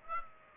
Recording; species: mosquito wingbeat signal from an infrared sensor; Aedes aegypti